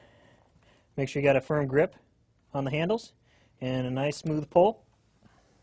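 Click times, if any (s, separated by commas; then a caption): none. A Mission Archery MXB 360 crossbow string is being drawn back toward the trigger latch with a rope cocking device, pulled by its handles. Someone talks throughout, with a faint low sound at the start. The string has not clicked into the cocked latch yet, and nothing has seated.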